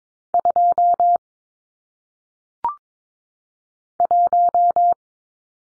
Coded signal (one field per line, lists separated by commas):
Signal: Morse code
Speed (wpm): 22 wpm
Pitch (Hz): 700 Hz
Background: none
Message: 2 1